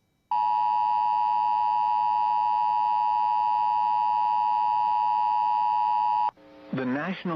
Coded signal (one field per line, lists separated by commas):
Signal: Emergency Alert System (SAME) tones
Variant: 853 and 960 Hz attention tone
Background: speech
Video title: Severe Thunderstorm Warning On WJON 5/17/21 (EAS #591)